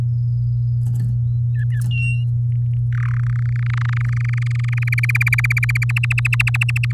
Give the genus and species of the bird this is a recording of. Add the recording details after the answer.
Serinus canaria. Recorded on 8 May 2018 at 06:01. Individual llb16